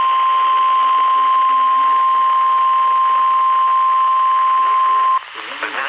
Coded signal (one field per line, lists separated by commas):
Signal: Emergency Alert System (SAME) tones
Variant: 1050 Hz attention tone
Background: speech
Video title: SVR (EAS 217)